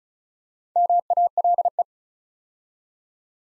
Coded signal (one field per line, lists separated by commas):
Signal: Morse code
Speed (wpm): 36 wpm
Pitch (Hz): 700 Hz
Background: none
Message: MALE